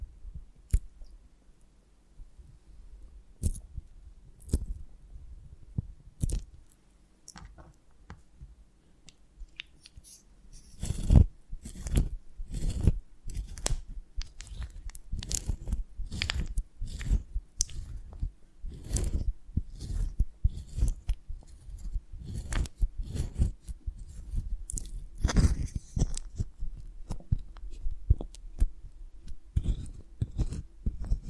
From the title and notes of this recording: ASMR of a Honeycomb on Branch (No Talking).